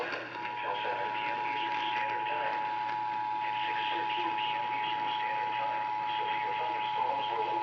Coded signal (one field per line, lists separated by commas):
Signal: Emergency Alert System (SAME) tones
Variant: 853 and 960 Hz attention tone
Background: speech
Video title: RAH's Night Out | EAS #1873-1881 (Severe Weather Alerts from 12/11/2021)